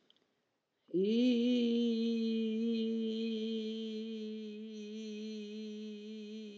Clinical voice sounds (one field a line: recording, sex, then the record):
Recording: sustained vowel /i/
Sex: female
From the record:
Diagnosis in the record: healthy control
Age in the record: 70 years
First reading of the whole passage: 149 s, 3.0 characters per second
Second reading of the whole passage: 105 s, 4.4 characters per second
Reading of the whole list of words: 65 s, 4.0 characters per second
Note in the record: marked for poor recording quality or reading difficulty